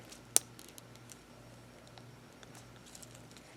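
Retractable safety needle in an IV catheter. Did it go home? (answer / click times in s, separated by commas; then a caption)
released / 0.4 s. The retractable safety needle in an IV catheter is triggered while the plastic catheter is advanced off the needle into the vein, and the needle snaps back into its housing with one sharp click at 0.4 s. A few faint ticks and rustles follow over a low steady hum, and the needle is released and retracted so it cannot cause a needlestick.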